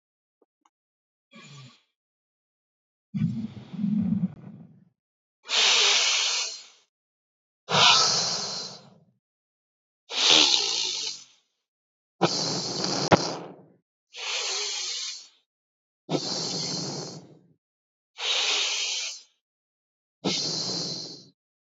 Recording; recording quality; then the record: deep breathing; excellent, no background noise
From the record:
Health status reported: exposed to COVID-19, no respiratory illness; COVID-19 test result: negative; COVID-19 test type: RT-PCR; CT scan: not taken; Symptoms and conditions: none ticked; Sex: male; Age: 23 years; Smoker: no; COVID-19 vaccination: both doses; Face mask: worn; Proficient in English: yes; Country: India